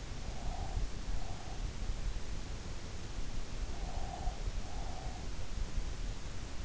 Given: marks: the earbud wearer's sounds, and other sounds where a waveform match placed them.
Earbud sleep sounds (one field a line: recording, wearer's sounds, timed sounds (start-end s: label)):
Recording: sounds in sleep by an in-ear microphone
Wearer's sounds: breath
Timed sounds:
0.00-1.88 s: breath
3.69-5.56 s: breath